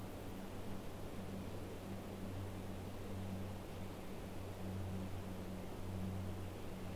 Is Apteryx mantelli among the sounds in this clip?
no